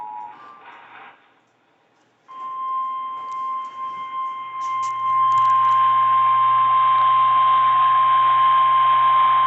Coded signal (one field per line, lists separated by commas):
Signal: Emergency Alert System (SAME) tones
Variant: 853 and 960 Hz attention tone